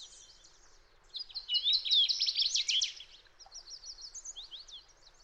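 Fox sparrow song, beginning with a faint phrase, then a loud, rich cascade of fast whistled and buzzy notes, trailing off into softer, thin twittering notes.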